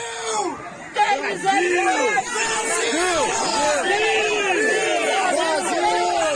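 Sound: crowd shouting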